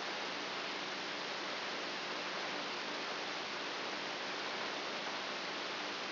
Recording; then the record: brain microelectrode recording played as sound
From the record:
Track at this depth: inside the subthalamic nucleus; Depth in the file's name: 5.64 mm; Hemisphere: right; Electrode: 2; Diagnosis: Parkinson's disease